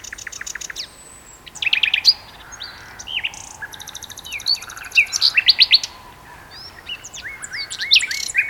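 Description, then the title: Common nightingale song: trilled rattles, downslurred whistles and sharp repeated notes in short separated phrases. Two birds singing a duet on Westleton Heath. "sanderson. nightingale duet on westleton heath"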